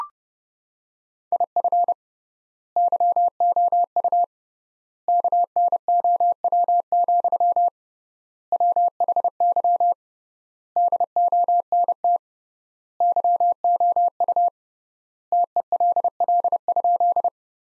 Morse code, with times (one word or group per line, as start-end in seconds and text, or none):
1.3-1.9 IF
2.8-4.2 YOU
5.1-7.7 KNOW,
8.5-9.9 WHY
10.8-12.2 DONT
13.0-14.5 YOU
15.3-17.3 TELL?